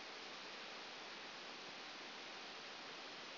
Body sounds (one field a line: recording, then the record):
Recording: brain microelectrode recording played as sound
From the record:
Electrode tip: outside the subthalamic nucleus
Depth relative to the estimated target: -4 mm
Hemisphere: left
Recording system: AlphaMap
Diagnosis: Parkinson's disease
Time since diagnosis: 11 years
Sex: female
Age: 60 years